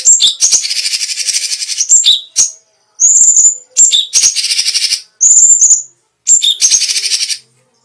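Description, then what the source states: Cucak cungkok song alternating piercing high whistles with quick, chattering trill bursts, several phrases following closely one after another. Special song bursts, called "tembakan istimewa".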